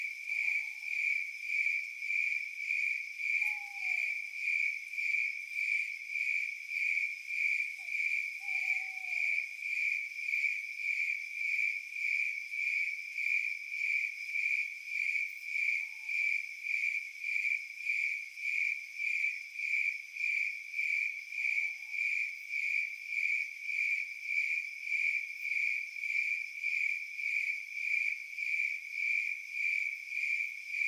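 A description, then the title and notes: Crickets trill in a dense, steady pulsing chorus at night, while faint short owl calls sound now and then in the first twenty-two seconds. Forest Sounds at Night Owls, Crickets.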